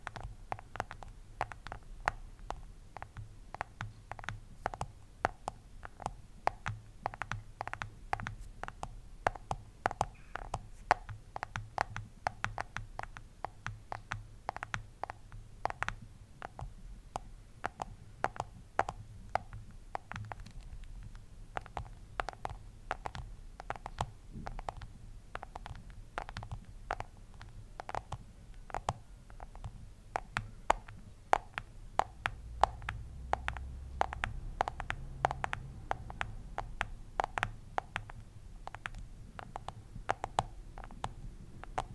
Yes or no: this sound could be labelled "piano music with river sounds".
no